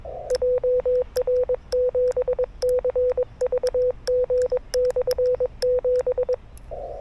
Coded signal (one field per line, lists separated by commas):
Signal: Morse code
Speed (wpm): 21 wpm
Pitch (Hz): 500 Hz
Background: none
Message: JR7CVG/7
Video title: 久しぶりの移動運用 なんとかPOTA成功 / A Rough POTA Activation｜FTX-1F 5W + RHM12｜POTA at Sanriku Fukko National Park